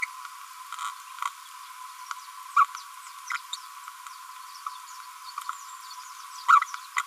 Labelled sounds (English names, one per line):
Green-rumped Parrotlet babbling